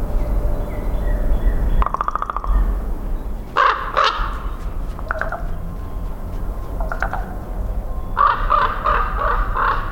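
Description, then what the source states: Common Raven uttering varied calls: a dry rattle, hoarse croaks, a few short knocks and a final run of rough notes, over a low rumble. Recorded at Carden Alvar, Ontario, in August 2026.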